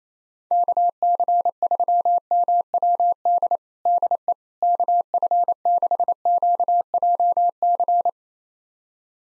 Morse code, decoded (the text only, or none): KC3MWD DE KF6QJC